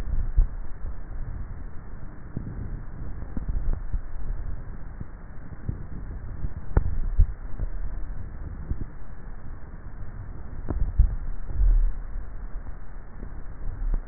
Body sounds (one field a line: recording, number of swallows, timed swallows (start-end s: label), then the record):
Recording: swallowing sounds by neck microphone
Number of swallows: 4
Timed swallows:
0.25-1.08 s: swallow
3.82-4.75 s: swallow
7.05-7.82 s: swallow
10.82-11.78 s: swallow
From the record:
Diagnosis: dysphagia